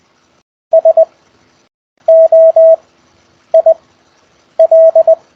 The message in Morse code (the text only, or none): SOIL